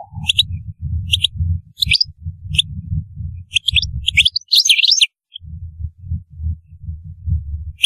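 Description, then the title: European goldfinch singing in short, broken bursts of high chirps and twitters over a low rumbling noise. "Chant Chardonneret"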